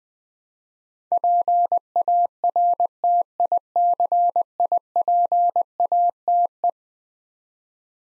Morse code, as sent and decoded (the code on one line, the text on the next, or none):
.--. .- .-. - .. -.-. .. .--. .- - .
PARTICIPATE